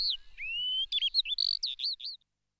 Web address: Répertoire son Ombres du passé oiseaux campagne